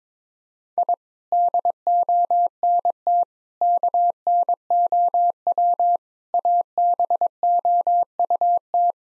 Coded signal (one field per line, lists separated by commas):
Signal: Morse code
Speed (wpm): 22 wpm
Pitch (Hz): 700 Hz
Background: none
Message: I DONT KNOW ABOUT